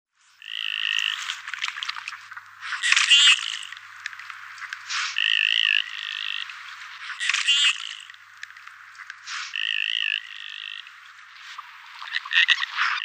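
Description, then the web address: Common goldeneye calls: short nasal, buzzy notes given in bursts with sharp rasping clicks between them, irregularly spaced. Males. "Schulze Peter Common Goldeneye males"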